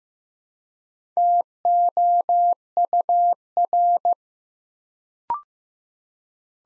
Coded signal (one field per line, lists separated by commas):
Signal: Morse code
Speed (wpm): 15 wpm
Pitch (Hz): 700 Hz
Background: none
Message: TOUR